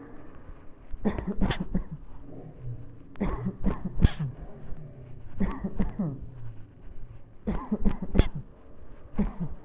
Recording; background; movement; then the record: voluntary coughing; traffic; walking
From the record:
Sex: male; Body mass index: 20.5 kg/m2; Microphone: on the chest, facing the body